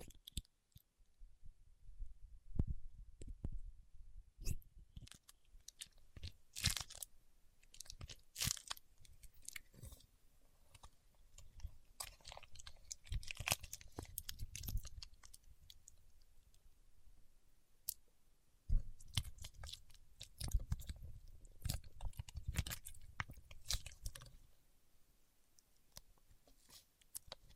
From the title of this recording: Paraffin Wax Peeling, Tapping and Scratching